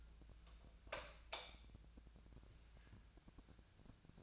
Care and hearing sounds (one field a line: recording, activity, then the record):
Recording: daily activity, microphone in the room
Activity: light on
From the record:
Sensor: 2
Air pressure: 999.9 hPa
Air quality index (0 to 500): 117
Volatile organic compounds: 2 ppm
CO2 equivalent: 1007 ppm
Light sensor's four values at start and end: 24/63/26/30 and 29/80/33/36